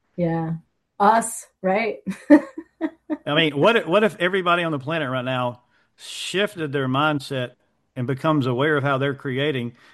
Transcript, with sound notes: Yeah. Us, right? (laughs)
I mean, what if, what if everybody on the planet right now shifted their mindset and becomes aware of how they're creating?